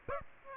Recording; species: mosquito wingbeat signal from an infrared sensor; Aedes aegypti